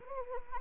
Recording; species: mosquito wingbeat signal from an infrared sensor; Anopheles arabiensis